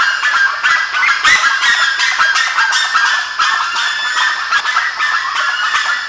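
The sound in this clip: Birds calling in a loud flock, dense harsh honks and cackling notes overlapping continuously.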